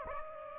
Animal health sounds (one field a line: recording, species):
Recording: mosquito wingbeat signal from an infrared sensor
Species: Aedes aegypti